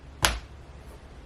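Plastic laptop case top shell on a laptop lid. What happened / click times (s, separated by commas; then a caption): A plastic shell corner snapped into place / 0.2 s. A corner latch of a plastic DONGKE case top shell, made for a 14-inch MacBook Pro, is pressed onto the laptop lid. It gives a single sharp, loud, broadband snap at 0.3 s that fades within about a tenth of a second, leaving only quiet background. The corner latch is seated.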